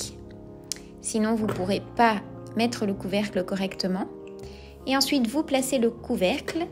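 A mixing paddle is pushed into an ice cream maker bowl and clicks into place at 0.7 s with a short, sharp click. Someone talks over soft background music.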